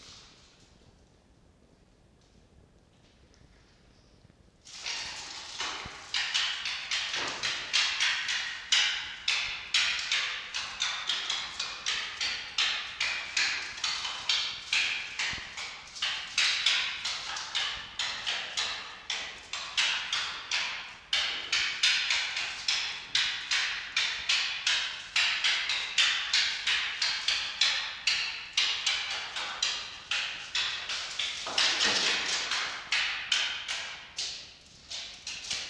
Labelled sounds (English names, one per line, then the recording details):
Red Fox
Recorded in captivity
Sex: male
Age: adult
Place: Zoologisches Institut der HUB, Berlin, DE
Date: 1952-12-08 19:00
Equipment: Elmetra
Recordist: Tembrock, Günter